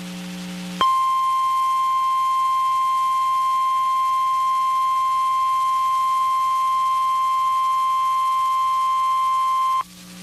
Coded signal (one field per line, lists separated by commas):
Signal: Emergency Alert System (SAME) tones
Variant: 1050 Hz attention tone